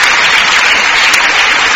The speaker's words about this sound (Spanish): Gloria a Dios, aplauda al Rey. Gloria al Señor.